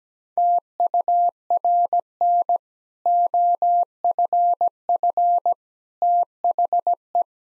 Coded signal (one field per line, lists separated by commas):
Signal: Morse code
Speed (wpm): 17 wpm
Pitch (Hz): 700 Hz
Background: none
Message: TURN OFF THE